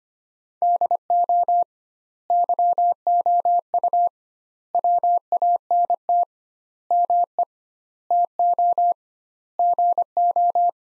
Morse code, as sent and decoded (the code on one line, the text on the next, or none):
-.. --- / -.-- --- ..- / .-- .- -. - / -- . / - --- / --. ---
DO YOU WANT ME TO GO